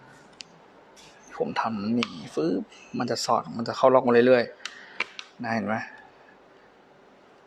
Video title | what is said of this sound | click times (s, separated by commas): LIVE- หมวกกันน็อค คาร์บอน สีด้าน เคลือบแก้วได้ไหม AGV Pista GP-RR Futuro หมวกกันน็อค Special Edition | อ้ะมันก็จะเข้าล็อคมันเองนะครับผม | 0.4 s